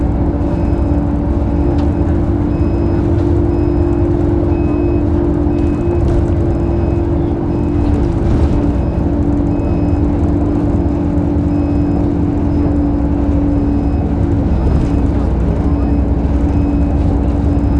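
A bus engine drones steadily with a strong low hum and a constant mid-pitched whine, and faint brief clicks occasionally sound over the rumble.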